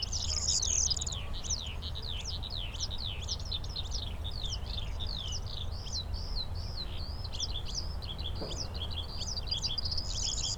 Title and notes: Unnamed Road, Siemianowice Śląskie, Polska - skowronek przy kapliczce św. Izydora. Sobota, 18 maja 2019. Wśród pól znajduje się kapliczka świętego Izydora na Sosnej Górze. W polu śpiewają skowronki i brzęczą owady. W tle słychać strzelnicę. Nagrania terenowe Siemianowic Śląskich - Dźwiękowy Portret Miasta